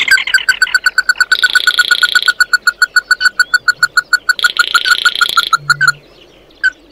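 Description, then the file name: Bird calls: a fast, regular series of short ringing notes with two buzzy rasping stretches layered over it. "Tieng chim mat do"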